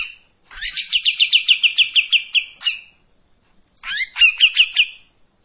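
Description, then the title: Streak-eared bulbul song of fast, sharp repeated notes in one two-second run, then after a gap a shorter burst of rising, slurred chirps. Sings energetically in tembakan and long besetan styles; intended as a training song for white-rumped shamas. "KAPAS TEMBAK GACOR TEMBAKAN DAN BESETAN PANJANG MASTERAN MURAI BATU PASTOL"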